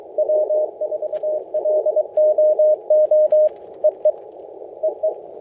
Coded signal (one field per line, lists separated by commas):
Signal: Morse code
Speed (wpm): 23 wpm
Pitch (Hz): 610 Hz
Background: radio noise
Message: W4LOO EE EE